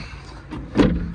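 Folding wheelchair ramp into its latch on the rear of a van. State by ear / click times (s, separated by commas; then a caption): not seated / none. A folding wheelchair ramp on the rear of a Renault Kangoo automatic wheelchair-accessible van is lifted up toward its raised, stowed position. There is a low rumble of handling noise, then a louder knock at about 0.8 s. The ramp has not yet clicked into its latch or seated.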